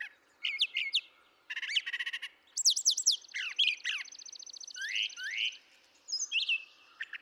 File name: Brown Thrasher